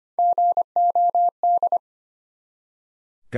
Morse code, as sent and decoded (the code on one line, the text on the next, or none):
--. --- -..
GOD